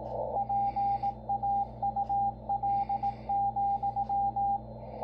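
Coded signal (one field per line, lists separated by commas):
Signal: Morse code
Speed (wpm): 18 wpm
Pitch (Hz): 800 Hz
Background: radio noise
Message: PAUL,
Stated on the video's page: Morse received on a Yaesu FTdx10 transceiver.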